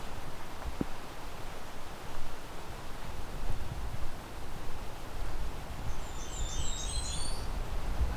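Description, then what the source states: Blackburnian Warbler song: a very high, thin series of rapid notes that climbs even higher at the finish, arriving late over a steady background hiss. High-pitched 'dee-da-dee-da-dee-da' song, in a mature, older mixed deciduous forest with tall red pines.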